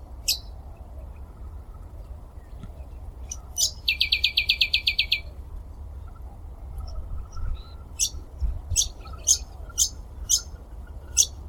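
White-eye song: high chirps, then a fast rattling trill of about ten notes, followed by a run of sharp high notes spaced roughly half a second to a second apart, with low rumbling background.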